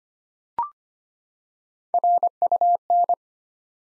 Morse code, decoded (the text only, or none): RUN